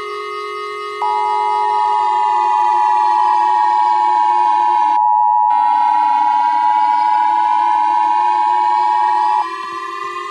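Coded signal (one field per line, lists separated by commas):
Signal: Emergency Alert System (SAME) tones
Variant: 853 and 960 Hz attention tone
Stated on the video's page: Fictional EAS scenario, a simulated alert.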